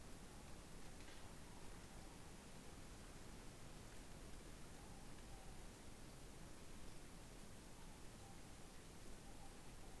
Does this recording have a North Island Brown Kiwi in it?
no